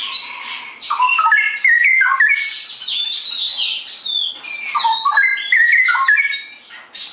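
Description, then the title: Straw-headed bulbul song, rich whistled notes stepping up and down, mixed with dense high buzzy chattering phrases. Tutoring song (masteran) for caged birds; rapid, continuous singing (ropel gacor). "mster Mnuk. Masteran Burung CUCAK ROWO. Cucak Rowo Ropel Gacor"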